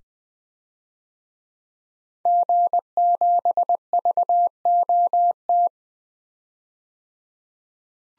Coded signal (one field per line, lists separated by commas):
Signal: Morse code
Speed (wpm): 20 wpm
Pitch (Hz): 700 Hz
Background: none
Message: G7VOT